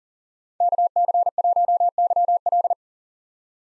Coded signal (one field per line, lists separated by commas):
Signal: Morse code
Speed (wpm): 40 wpm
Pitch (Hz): 700 Hz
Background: none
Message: KC1YL